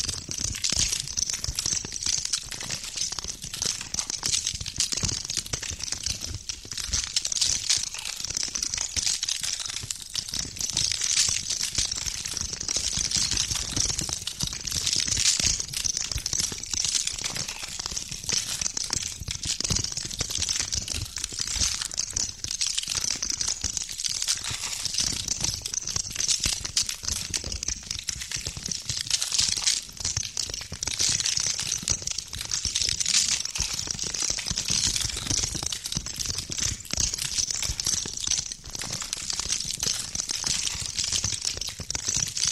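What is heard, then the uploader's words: Ice cracks and shifts in a constant, dense crackle of tiny snaps and crinkles, bright, with a hiss-like sheen up high. Soft low thumps and rumbles surface now and then underneath, and the level holds steady for the whole stretch. The ice slowly cracks and shifts in the stillness. The gentle tinkling and popping of the ice. Ice Cracking.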